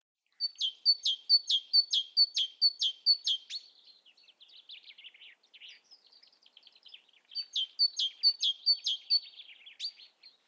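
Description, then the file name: Great tit calls: a series of sharp, ringing high notes repeated about twice a second, then softer scratchy chatter, then another run of bright repeated notes. "Parus major"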